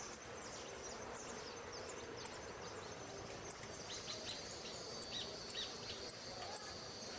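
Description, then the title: Saffron finch repeating crisp high chip notes about once a second, growing slightly quicker, over low background hiss. "Jilguero Argentino"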